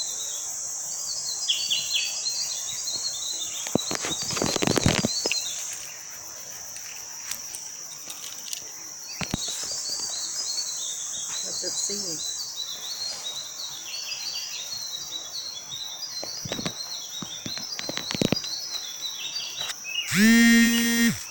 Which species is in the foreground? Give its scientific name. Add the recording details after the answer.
Cossyphicula roberti. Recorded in Bwindi, Uganda